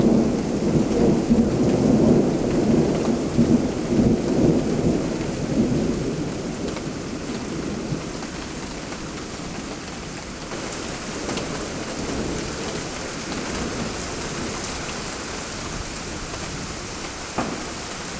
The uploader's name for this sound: Lightning takes out neighbour's power